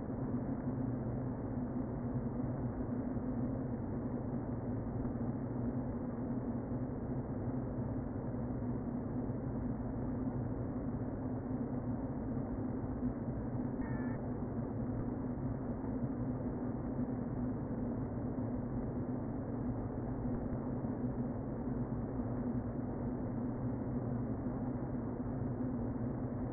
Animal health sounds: honeybee colony, microphone inside the hive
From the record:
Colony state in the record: queen present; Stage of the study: before two queens were removed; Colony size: about 60,000 bees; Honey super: yes

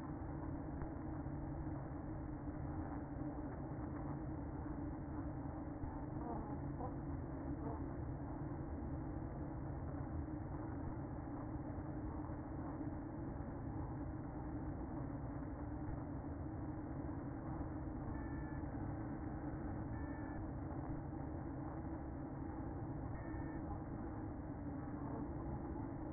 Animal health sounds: honeybee colony, microphone inside the hive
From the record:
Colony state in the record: queen present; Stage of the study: after two queens were removed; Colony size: about 60,000 bees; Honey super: yes

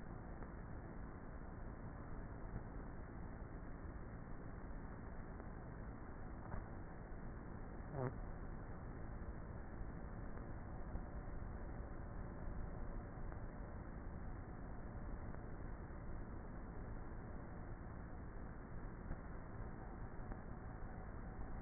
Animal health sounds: honeybee colony, microphone inside the hive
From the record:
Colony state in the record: queenless with a low population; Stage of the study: before two queens were removed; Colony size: about 30,000 bees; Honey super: no

